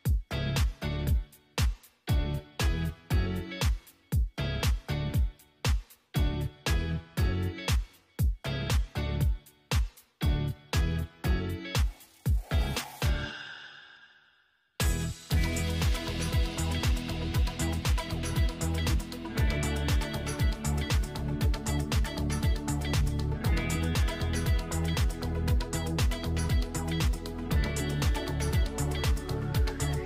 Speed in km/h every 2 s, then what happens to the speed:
74, 79, 76, 76, 77, 82, 85, 87, 85, 82, 77, 74, 74, 74, 74.
0-16 speeds up to 85. 16-22 slows to 74. 22-30 steady at about 74.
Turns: none.